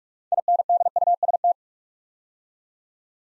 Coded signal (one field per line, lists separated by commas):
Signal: Morse code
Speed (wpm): 44 wpm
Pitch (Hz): 700 Hz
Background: none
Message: INDUST